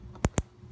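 The plastic keeper on the opposite side of a VANOS solenoid connector plug housing on an E46 M3 is pushed in until its small locking point engages in the hole. Two sharp, bright clicks sound at 0.3 s and 0.4 s over a quiet background, and the second keeper locks in, seated.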